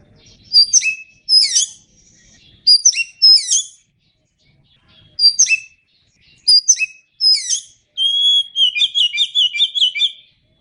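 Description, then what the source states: Oriental magpie-robin repeating loud, downslurred whistles with short pauses, ending in a rapid chattering warble of mixed notes. Known by the Indonesian name kacer; described as gacor, singing often and vigorously.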